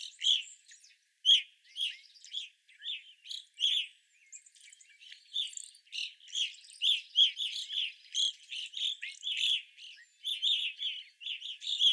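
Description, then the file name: Evening grosbeaks calling, short chirps about once a second at first, then building into a busier overlapping chatter. Several evening grosbeaks, recorded 25 April 2021. "2021-04-25 Evening Grosbeaks"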